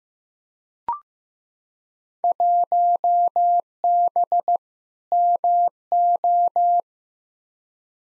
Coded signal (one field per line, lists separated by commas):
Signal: Morse code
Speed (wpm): 15 wpm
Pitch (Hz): 700 Hz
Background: none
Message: 1B MO